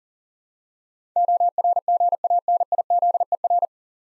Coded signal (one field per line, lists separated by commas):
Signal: Morse code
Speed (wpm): 40 wpm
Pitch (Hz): 700 Hz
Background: none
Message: ORGANIZER